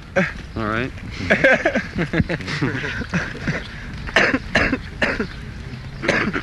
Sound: laughter

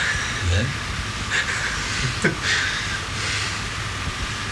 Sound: chuckles

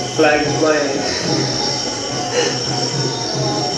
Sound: laughs

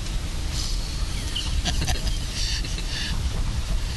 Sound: laughs

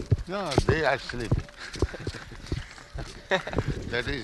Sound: laughter

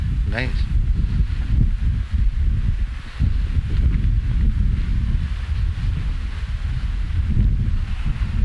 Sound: wind blowing strongly

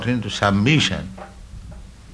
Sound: tapping noise

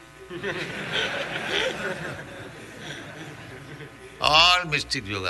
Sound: laughter

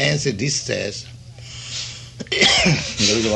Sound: coughing

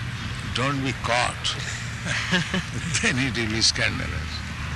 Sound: chuckles

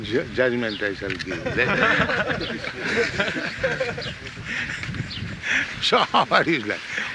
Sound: laughs

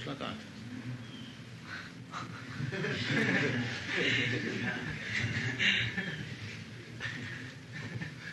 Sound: laughter

